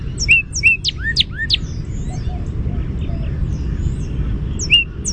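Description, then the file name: Northern cardinal song: a few clear slurred whistles and down-slurred notes in quick succession early on, then a brief repeat near the end, against a low continuous rumble. "NOCA song"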